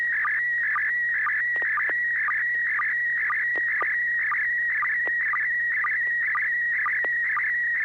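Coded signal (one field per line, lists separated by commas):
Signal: SSTV (slow-scan television)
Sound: warbling tone around 2 kHz with regular short low blips, steady rhythm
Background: FM radio hiss, low hum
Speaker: right after this i'll be asking you to send a photo and as usual if you could let us know what mode you're going to transmit in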